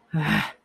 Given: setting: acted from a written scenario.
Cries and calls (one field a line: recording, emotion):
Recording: vocal sound without words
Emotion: anger